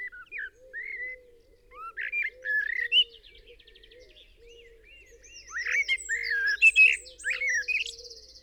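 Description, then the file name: Eurasian blackbird giving short fluty notes and scratchy twittering phrases that build toward the end. "Turdus merula"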